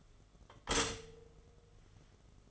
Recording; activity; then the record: daily activity, microphone in the room; stop toaster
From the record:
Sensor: 4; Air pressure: 1015.5 hPa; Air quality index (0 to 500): 201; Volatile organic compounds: 10 ppm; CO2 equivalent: 2240 ppm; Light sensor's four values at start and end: 4/9/3/3 and 4/9/3/3